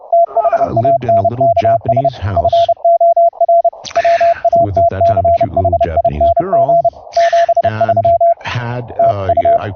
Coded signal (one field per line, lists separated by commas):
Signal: Morse code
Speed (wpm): 30 wpm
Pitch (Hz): 680 Hz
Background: speech, radio noise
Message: THANKS FOR WATCHING 73 TU